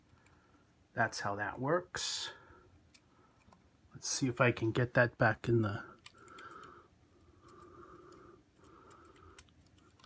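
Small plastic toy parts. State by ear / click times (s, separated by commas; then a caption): not seated / none. A plastic missile is handled near the spring-loaded launcher under a LEGO Star Wars 75286 General Grievous's Starfighter built from bricks, while someone talks. Faint clicks and plastic handling sounds follow. The missile has not snapped into the launcher yet.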